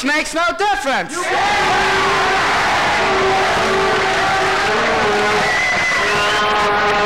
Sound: cheers